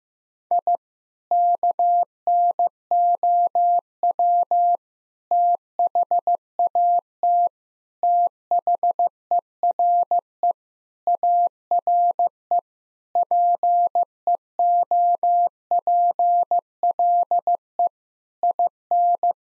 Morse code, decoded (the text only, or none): I KNOW THAT THERE ARE PEOPLE IN